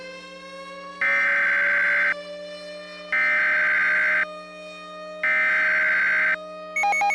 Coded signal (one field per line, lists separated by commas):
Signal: Emergency Alert System (SAME) tones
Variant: header bursts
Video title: The Carolina Supercell (REMASTERED): EAS Scenario